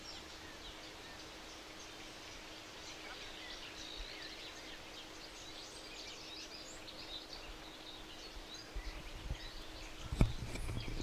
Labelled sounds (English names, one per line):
Eurasian Penduline Tit call